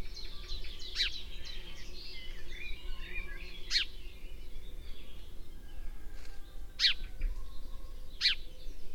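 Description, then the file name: House sparrow chirps: a few sharp, bright single notes at irregular intervals over low background noise. "Passer domesticus"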